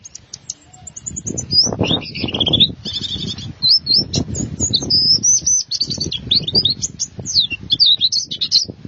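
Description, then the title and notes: White-eye song: lively high twittering with quick slurred and buzzy notes, set over intermittent low rumbling background noise. "Suara kicauan burung pleci"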